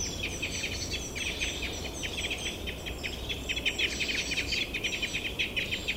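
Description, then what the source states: Red crossbill calls: a dense run of short, metallic chips repeated rapidly throughout, over constant low rushing noise. Recorded 15 November 2014 in the Rusel area.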